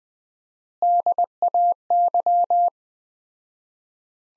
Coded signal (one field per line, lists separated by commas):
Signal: Morse code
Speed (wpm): 21 wpm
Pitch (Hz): 700 Hz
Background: none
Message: DAY